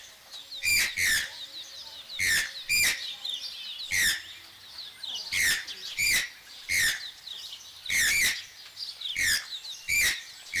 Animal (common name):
Channel-billed Toucan